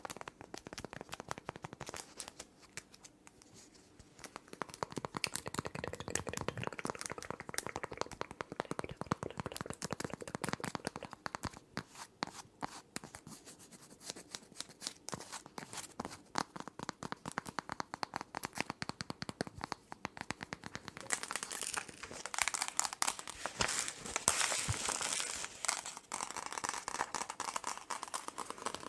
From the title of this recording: Tapping and Scratching with LONG NAILS